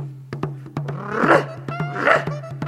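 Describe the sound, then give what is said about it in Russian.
Dogs just let off their chains by their master bark twice in rough, harsh bursts about a second apart, over a steady low hum and a regular ticking click. “Хозяин спустил с цепей всех своих собак.”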